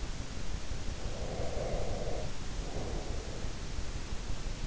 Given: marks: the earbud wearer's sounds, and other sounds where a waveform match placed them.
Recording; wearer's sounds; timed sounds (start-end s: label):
sounds in sleep by an in-ear microphone; breath
0.92-3.52 s: breath